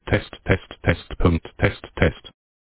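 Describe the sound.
Moose grunting: six short, harsh, nasal grunts in a quick steady rhythm over about two seconds, then silence.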